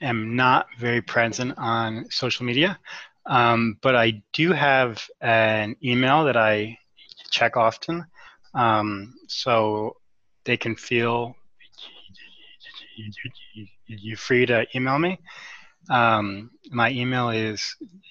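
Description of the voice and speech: Adult man speaks haltingly, with drawn-out sounds, repeated 'um' fillers and a long silent block mid-phrase, typical of stuttering.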